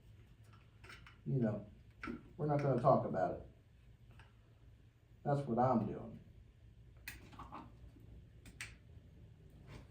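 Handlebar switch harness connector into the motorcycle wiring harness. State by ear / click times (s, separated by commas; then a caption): seated / 8.6 s. A modified, shaved-down handlebar switch harness connector on a 2008–2013 Street Glide motorcycle is pushed into its mating plastic connector on the motorcycle wiring harness while someone talks. A sharp click at 8.6 s marks the connector clicking right in and seating.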